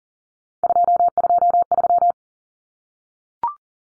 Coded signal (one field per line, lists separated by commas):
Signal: Morse code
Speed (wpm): 40 wpm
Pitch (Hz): 700 Hz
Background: none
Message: 223